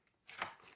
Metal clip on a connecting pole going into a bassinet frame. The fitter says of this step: Pops into place.